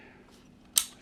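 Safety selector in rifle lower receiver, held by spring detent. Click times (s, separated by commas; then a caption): 0.8 s. A newly installed safety selector on an AR-15 lower receiver is rotated, and its spring-loaded detent snaps it into position with one sharp metallic click at 0.8 s. The selector is seated and held in place by the spring detent.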